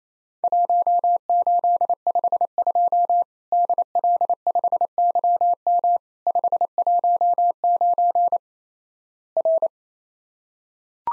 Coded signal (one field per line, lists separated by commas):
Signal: Morse code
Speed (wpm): 28 wpm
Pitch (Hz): 700 Hz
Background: none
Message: 1852 DL5YM 519 R